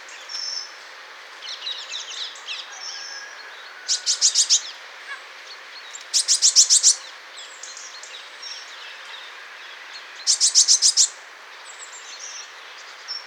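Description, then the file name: Eurasian blue tit calls: three bursts of rapid, high, scolding churring notes, each under a second, with softer thin chirps between and faint background hiss. "Cyanistes caeruleus"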